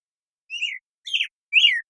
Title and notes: American Robin, Turdus migratorius, morning song, very long sequence, parabolic recording, processed clean for clarity, natural pacing and rhythm maintained, family Thrushes and Allies, order Passeriformes Recorded in the beautiful Pacific Northwest, Washington, United States